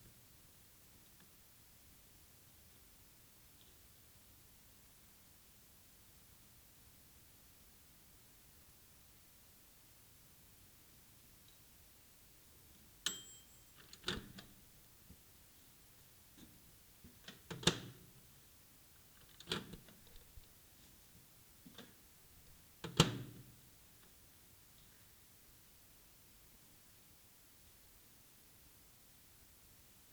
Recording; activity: daily activity, guitar pickup as the sensor; use microwave